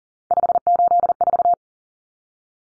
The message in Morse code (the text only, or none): 584